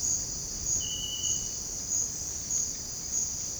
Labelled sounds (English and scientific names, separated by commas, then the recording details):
none
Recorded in dense forest near Puerto Asís, Putumayo, Colombia, on 21 February 2024 at 07:30
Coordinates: 0.485, -76.325
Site G6429